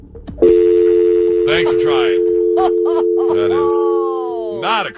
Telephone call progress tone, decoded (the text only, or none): dial tone